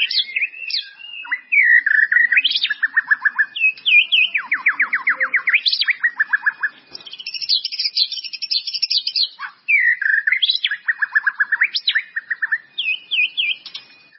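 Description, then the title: White-rumped Shama delivering a long, loud song of fluty whistles and rapid buzzy trills, repeated in several strong phrases. "murai batu"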